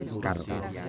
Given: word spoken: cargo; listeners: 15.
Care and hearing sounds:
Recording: one Spanish word in noise, from a listening test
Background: eight-talker babble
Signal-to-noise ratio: 0.0 dB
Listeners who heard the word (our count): 0 of 15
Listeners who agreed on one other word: 6 of 15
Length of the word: 0.49 s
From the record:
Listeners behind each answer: 6, 5, 1, 1, 1, 1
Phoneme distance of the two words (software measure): 20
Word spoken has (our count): 2 syllables, 5 phonemes, stress on syllable 1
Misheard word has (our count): 2 syllables, 5 phonemes, stress on syllable 1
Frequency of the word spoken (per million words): 130.67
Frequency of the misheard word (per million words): 119.41

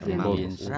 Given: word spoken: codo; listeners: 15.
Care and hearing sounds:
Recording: one Spanish word in noise, from a listening test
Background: four-talker babble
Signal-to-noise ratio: 0.7 dB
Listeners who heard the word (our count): 0 of 15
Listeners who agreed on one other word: 6 of 15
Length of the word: 0.39 s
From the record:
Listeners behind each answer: 6, 2, 2, 1, 1, 1, 1, 1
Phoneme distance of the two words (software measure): 41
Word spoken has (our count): 2 syllables, 4 phonemes, stress on syllable 1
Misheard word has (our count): 3 syllables, 7 phonemes, stress on syllable 2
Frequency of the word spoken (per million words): 8.37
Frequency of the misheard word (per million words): 203.29

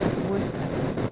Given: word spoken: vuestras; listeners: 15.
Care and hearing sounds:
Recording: one Spanish word in noise, from a listening test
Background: noise modulated by three-talker babble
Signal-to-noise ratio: -4.0 dB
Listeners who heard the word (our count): 1 of 15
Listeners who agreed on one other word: 7 of 15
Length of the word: 0.72 s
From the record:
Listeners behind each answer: 7, 3, 3, 1, 1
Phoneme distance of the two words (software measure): 10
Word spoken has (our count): 2 syllables, 8 phonemes, stress on syllable 1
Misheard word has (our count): 2 syllables, 8 phonemes, stress on syllable 1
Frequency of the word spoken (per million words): 5.16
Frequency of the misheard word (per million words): 30.89

